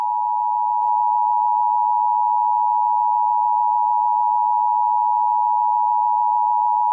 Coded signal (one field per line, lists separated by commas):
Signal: Emergency Alert System (SAME) tones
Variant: 853 and 960 Hz attention tone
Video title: EAS Scenario - THE TROLLGE (Part One)